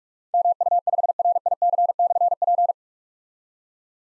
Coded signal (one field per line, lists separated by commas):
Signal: Morse code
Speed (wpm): 44 wpm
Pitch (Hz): 700 Hz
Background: none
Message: MU5RIC/P